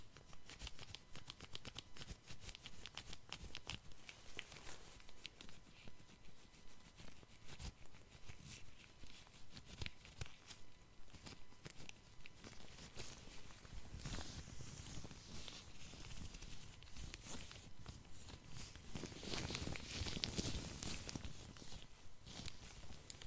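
Gloved hands and tweezers touch and tap across a face in quick, uneven bursts of soft crinkly contact. The rubbing thickens and grows louder around 14 and again near 20 seconds, with brighter rustle, then settles back to lighter, scattered taps.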